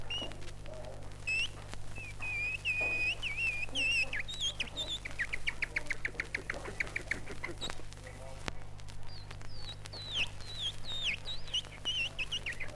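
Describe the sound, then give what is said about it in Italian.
Several songbirds sing over and over in bright, high whistles and quick chirping trills at a bird-singing contest, where a jury judges the individual singers, with a steady low hum underneath and faint murmuring voices in the background. “Ansie e tormenti dell'attesa, del passaggio cioè della giuria che con una serietà da tribunale togato dovrà pronunciarsi sulla bravura dei singoli cantori a concorso.”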